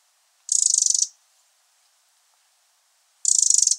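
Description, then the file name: Eurasian wren rattle call: two short, buzzy, ticking bursts separated by a long stretch of near silence, the second running to the end. "Troglodytes troglodytes"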